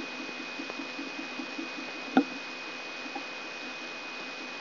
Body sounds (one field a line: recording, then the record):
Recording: brain microelectrode recording played as sound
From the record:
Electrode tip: outside the subthalamic nucleus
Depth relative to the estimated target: -7 mm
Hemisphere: left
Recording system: AlphaMap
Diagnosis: Parkinson's disease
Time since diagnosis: 24 years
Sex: male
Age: 67 years